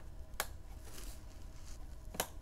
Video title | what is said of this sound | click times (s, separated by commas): Dell PowerEdge R730 Server Memory Spec Overview & Upgrade Tips - How to Configure the System | and one thing i always also like to point out as well you want to hear a nice little click right here and | 0.4 s, 2.2 s